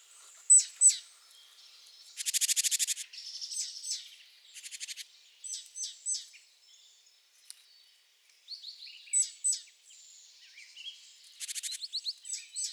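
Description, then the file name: Great tit calls: high chirps and a dense buzzy churring burst early on, then scattered thin notes and further chirp series later. "Parus major"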